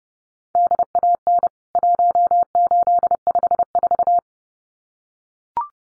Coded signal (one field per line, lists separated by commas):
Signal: Morse code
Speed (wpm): 30 wpm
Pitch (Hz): 700 Hz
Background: none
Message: DAN 1854